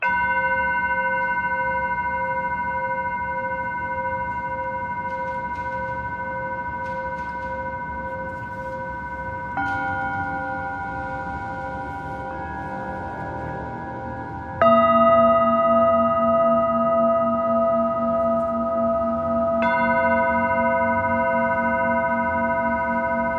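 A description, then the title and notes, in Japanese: A Tibetan singing bowl rings with long, steady tones that slowly fade, struck anew around 10, 15 and 20 seconds, each strike bringing a fresh, slightly different pitch. The sustained ringing has a gentle pulsing waver, with a faint low hum underneath. メキシコから シンギングボウルのサウンドヒーリング。チベタンシンギングボウル。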